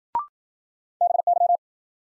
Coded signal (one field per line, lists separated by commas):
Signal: Morse code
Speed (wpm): 53 wpm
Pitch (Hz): 700 Hz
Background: none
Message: BY